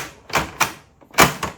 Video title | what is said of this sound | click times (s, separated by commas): Konica Minolta - How to fix blue lines on prints | put that back in until it clicks | 0.3 s, 1.4 s